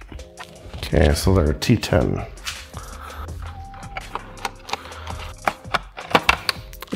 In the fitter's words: very satisfying clicks all right so from there